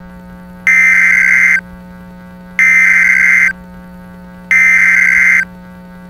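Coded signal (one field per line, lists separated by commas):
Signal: Emergency Alert System (SAME) tones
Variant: header bursts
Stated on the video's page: Fictional simulated EAS scenario based on a Wireless Emergency Alert hoax.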